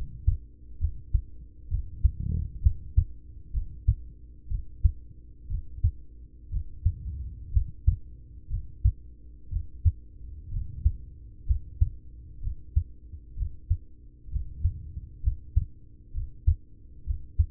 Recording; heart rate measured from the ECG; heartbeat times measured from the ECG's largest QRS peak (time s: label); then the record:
heart sounds by stethoscope; 63 bpm
0.77 s: heartbeat
1.67 s: heartbeat
2.59 s: heartbeat
3.50 s: heartbeat
4.47 s: heartbeat
5.47 s: heartbeat
6.49 s: heartbeat
7.50 s: heartbeat
8.47 s: heartbeat
9.48 s: heartbeat
10.48 s: heartbeat
11.44 s: heartbeat
12.39 s: heartbeat
13.34 s: heartbeat
14.29 s: heartbeat
15.20 s: heartbeat
16.11 s: heartbeat
17.03 s: heartbeat
From the record:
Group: heart failure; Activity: rest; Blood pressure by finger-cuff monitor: 87/46 mmHg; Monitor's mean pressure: 61 mmHg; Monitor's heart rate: 63 bpm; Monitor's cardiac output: 6 L/min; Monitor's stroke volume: 95 mL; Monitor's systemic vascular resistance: 730 dyn s/cm5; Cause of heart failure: ischemic heart disease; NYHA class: 1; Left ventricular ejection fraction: 33%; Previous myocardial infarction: absent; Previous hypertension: absent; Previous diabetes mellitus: absent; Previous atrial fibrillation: absent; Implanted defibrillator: present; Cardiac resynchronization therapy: absent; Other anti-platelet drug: absent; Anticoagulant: apixaban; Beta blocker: carvedilol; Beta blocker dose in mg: 18.75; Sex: male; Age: 39 years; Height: 168 cm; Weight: 72 kg